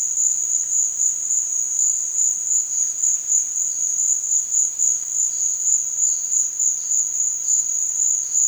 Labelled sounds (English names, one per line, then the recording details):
none
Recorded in dense forest near Puerto Asís, Putumayo, Colombia, on 27 June 2025 at 15:00
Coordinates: 0.468, -76.322
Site GP03